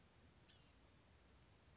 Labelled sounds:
Blue-gray Gnatcatcher
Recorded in Sonoma County, California

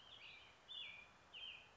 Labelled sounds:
American Robin
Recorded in Sonoma County, California

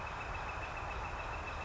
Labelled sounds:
Northern Flicker
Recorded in Sonoma County, California

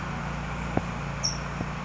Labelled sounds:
California Towhee
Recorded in Sonoma County, California

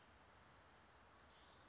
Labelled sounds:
Brown Creeper
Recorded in Sonoma County, California

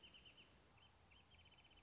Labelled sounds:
Wrentit
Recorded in Sonoma County, California

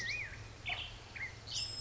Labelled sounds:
Black-headed Grosbeak
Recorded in Sonoma County, California

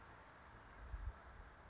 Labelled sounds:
California Towhee
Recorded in Sonoma County, California

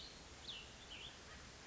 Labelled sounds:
Cassin's Vireo
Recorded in Sonoma County, California

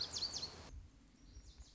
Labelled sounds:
Lazuli Bunting
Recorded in Sonoma County, California

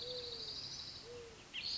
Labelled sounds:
Mourning Dove
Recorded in Sonoma County, California

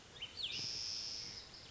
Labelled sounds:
Spotted Towhee
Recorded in Sonoma County, California

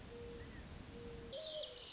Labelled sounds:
Mourning Dove
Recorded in Sonoma County, California

